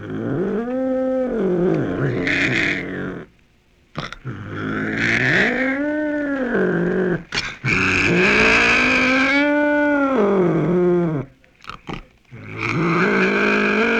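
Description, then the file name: Cougar yowling in long, drawn-out harmonic wails that rise then fall, about four calls with short silent gaps between them. "mountain lion"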